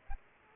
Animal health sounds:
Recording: mosquito wingbeat signal from an infrared sensor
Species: Aedes aegypti

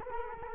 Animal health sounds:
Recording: mosquito wingbeat signal from an infrared sensor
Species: Culex quinquefasciatus

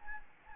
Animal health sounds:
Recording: mosquito wingbeat signal from an infrared sensor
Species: Anopheles gambiae

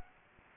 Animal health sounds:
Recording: mosquito wingbeat signal from an infrared sensor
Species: Anopheles gambiae

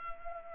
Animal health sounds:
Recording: mosquito wingbeat signal from an infrared sensor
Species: Culex pipiens

